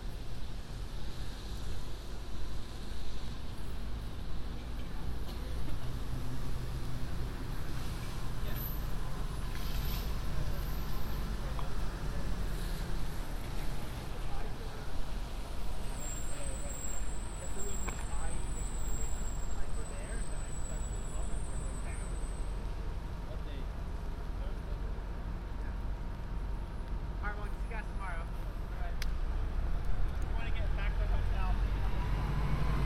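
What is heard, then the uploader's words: A binaural walk up Broadway, with steady traffic rumble filling the low end throughout and passing vehicles swelling and fading. Voices murmur intermittently, and a high squeal, like brakes, cuts in around sixteen to twenty-two seconds. A binaural field recording, walking up Broadway to the store and back.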